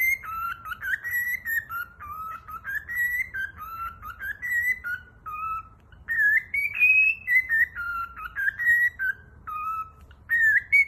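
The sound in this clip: Cockatiel whistled song, tonal notes stepping through a tune, held high whistles midway, phrases nearly continuous.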